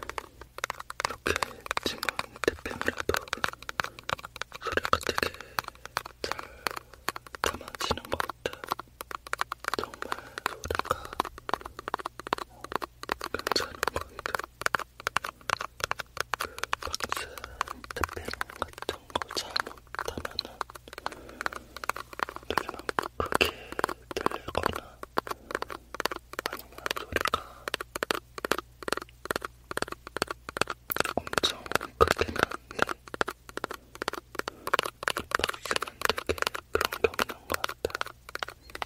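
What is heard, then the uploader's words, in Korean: Fingers tap steadily on a cosmetics box for the whole stretch, a dense run of short, crisp knocks, several per second, with a hollow papery ring. A low steady hum sits underneath, and the tapping keeps an even pace without pauses. ASMR 화장품 박스 탭핑 소리 가득.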